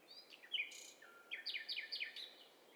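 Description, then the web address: Birds singing over one another: a flat whistle, then a quick run of repeated descending chirps, with higher notes layered across it. Stereo high-fidelity overlapping mix of several birds singing at once, assembled as a test set for a bird cocktail party challenge. "Hi Fi STEREO BIRD COCKTAIL PARTY Challenge SBCP TESTSET HDBird Cocktail Party"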